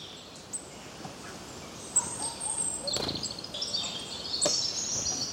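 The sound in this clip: Birds chirping, with high twitters building in the second half, plus a few clicks, set against a steady hiss.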